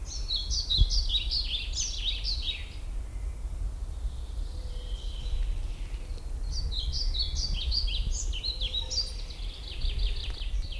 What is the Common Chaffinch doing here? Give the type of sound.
song